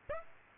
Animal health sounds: mosquito wingbeat signal from an infrared sensor; Aedes aegypti

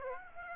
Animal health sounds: mosquito wingbeat signal from an infrared sensor; Aedes aegypti

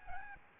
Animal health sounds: mosquito wingbeat signal from an infrared sensor; Aedes albopictus

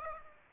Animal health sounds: mosquito wingbeat signal from an infrared sensor; Aedes aegypti

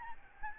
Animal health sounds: mosquito wingbeat signal from an infrared sensor; Aedes albopictus

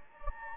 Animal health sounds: mosquito wingbeat signal from an infrared sensor; Anopheles gambiae

